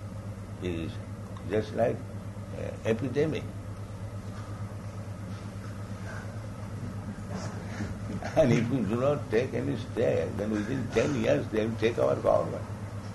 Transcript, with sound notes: is just like epidemic. [laughs] And if we do not take any step, then within ten years they'll take our government."